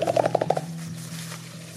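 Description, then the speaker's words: Mountain gorilla chest beat: a rapid burst of about eight hollow pops in just over half a second. Mountain gorillas in forests of Uganda, Rwanda and the Democratic Republic of Congo; chest beating may signal body size, larger males producing lower-frequency beats. "In the forests of Uganda, Rwanda and the Democratic Republic of Congo, mountain gorillas beat their chests."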